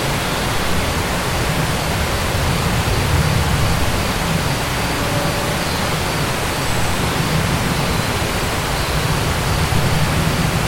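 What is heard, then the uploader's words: A waterfall pours in a steady, dense rush that fills every pitch evenly, unchanging throughout, with a faint low rumble beneath. Crecy-Couvé - La Blaise waterfall. The time in which the river is changing, following the upcoming night. Recorded by Cristian Estrella.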